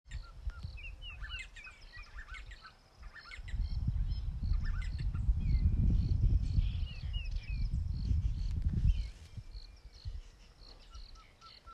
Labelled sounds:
D'Arnaud's Barbet (Trachyphonus darnaudii)
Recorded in northern Uganda

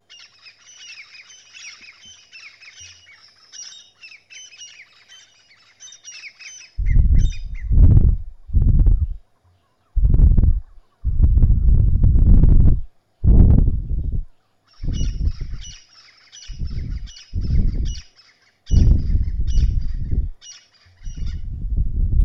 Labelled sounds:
Crested Francolin (Ortygornis sephaena)
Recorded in northern Uganda

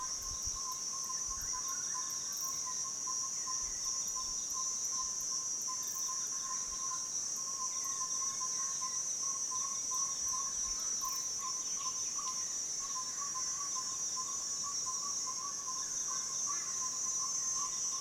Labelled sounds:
Yellow-rumped Tinkerbird (Pogoniulus bilineatus)
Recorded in Kibale, Uganda

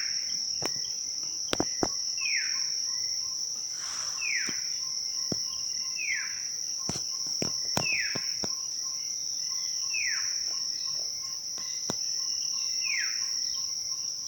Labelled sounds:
Red-throated Alethe (Chamaetylas poliophrys)
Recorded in Bwindi, Uganda

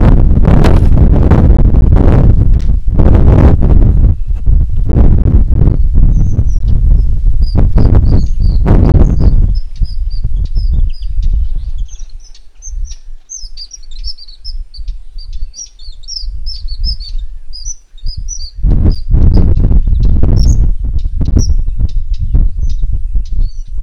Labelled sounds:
Rufous Chatterer (Argya rubiginosa)
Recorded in northern Uganda

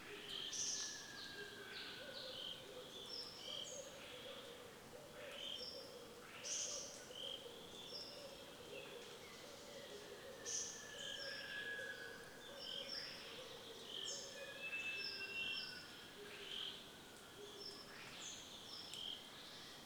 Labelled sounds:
Red-eyed Dove (Streptopelia semitorquata)
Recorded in Kibale, Uganda

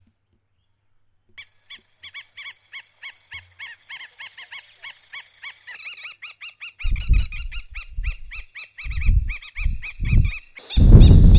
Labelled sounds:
Wattled Lapwing (Vanellus senegallus)
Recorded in northern Uganda

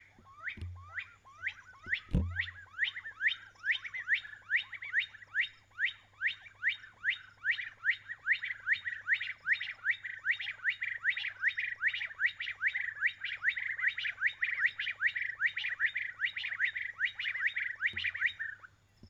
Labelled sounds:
Stone Partridge (Ptilopachus petrosus)
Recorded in northern Uganda

